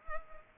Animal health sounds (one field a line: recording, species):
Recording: mosquito wingbeat signal from an infrared sensor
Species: Culex pipiens